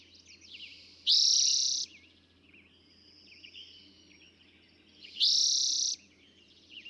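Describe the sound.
Eastern towhee song: a quick rising note running into a dense, buzzy trill under a second long, given twice about four seconds apart over soft chirping.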